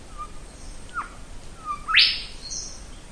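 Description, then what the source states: Mangrove Golden Whistler call: a soft level whistle, a brief downslurred note, then a short whistle leading into a loud, sharply rising whip-like sweep near the end. Recorded on Little Pigeon Island, part of an archipelago off the coast of Western Australia; gives a whit-whit-whitchell call.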